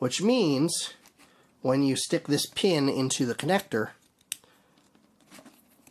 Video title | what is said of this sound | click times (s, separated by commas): I Bought "Weird" Tools From YouTube Ads! Was it worth it? | it doesn't lock into place anymore. | none